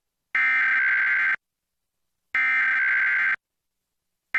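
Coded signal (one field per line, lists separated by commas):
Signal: Emergency Alert System (SAME) tones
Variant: header bursts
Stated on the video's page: National EAS test tones as carried on an Xfinity cable system.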